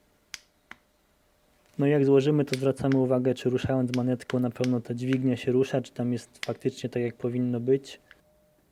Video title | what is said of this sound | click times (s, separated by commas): BMW E46 Nie działa przycisk BC, przerwany kabelek w manetce | And then press it down, it should snap in place. | 0.3 s